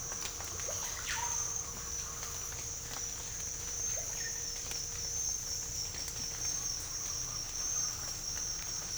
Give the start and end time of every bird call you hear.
[0.52, 1.87] bird call

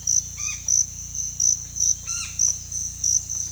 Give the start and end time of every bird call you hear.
[0.37, 0.58] bird call
[2.02, 2.26] bird call

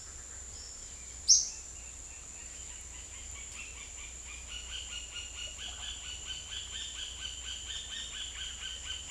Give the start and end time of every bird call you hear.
[0.99, 9.11] bird call

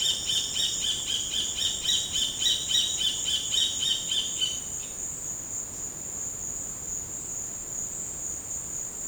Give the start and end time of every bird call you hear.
[0.00, 4.60] bird call

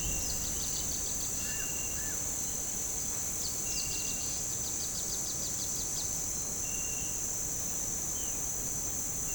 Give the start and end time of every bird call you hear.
[0.42, 1.67] bird call
[1.95, 2.16] bird call
[3.40, 4.15] bird call
[4.49, 6.02] bird call

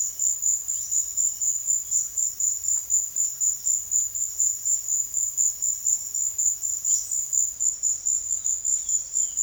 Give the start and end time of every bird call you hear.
[8.16, 9.42] bird call

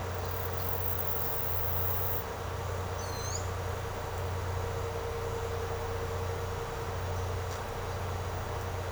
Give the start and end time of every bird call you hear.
[3.00, 3.65] bird call

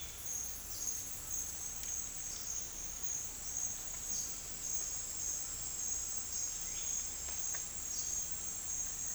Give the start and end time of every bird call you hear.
[6.49, 7.38] bird call

